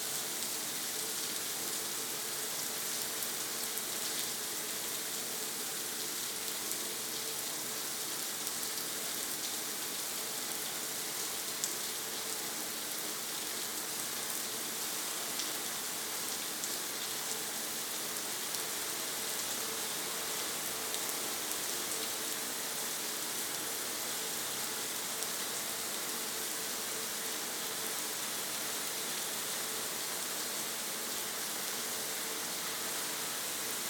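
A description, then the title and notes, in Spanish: Rain falls steadily for the whole stretch, a dense, even hiss that is brightest in the upper range and never lets up. Faint low hum bands run underneath, and a few slightly sharper drops or ticks surface around the middle. Lluvia. Agua.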